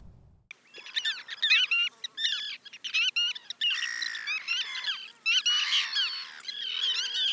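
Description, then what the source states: Bar-tailed Godwit calls, a busy chorus of sharp, clipped notes with upward and downward inflections, given in quick overlapping bursts. Name godwit probably imitates the call; also said to come from good white; historically a delicacy in England; feeds probing mud in estuaries and shorelines.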